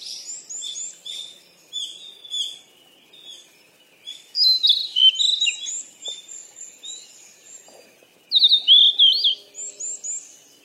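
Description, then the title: Birds chirping in quick, high bursts of several notes each, separated by short pauses, with two louder chattering runs in the middle and near the end. "鸟儿喳喳"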